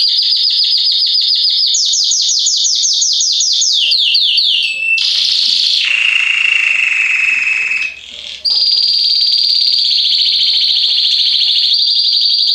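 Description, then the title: Belgian canary singing nonstop: fast rolling high trills that drop in steps, a lower buzzy churring section, then an extended even trill held high. Male Belgian canary singing a lot, in full form; played to warm up young canaries within 30 minutes. "Esquente Seu Filhote E Canario Belga Em 30 Minutos Macho Cantando Muito. Esquente seu canrio belga em 30 minutos - Canrio Belga estourado"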